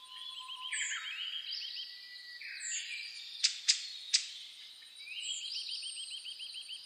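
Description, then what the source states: Birds at dawn: repeated rolling trills and chirps overlap, broken by three sharp clicks in the middle. Dawn chorus (reimei) of birdsong (saezuri), recorded 10 May 2010 at 04:01.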